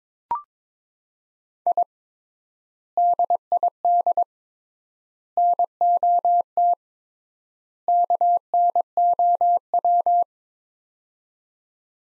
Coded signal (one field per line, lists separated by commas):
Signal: Morse code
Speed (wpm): 21 wpm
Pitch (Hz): 700 Hz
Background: none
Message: I DID NOT KNOW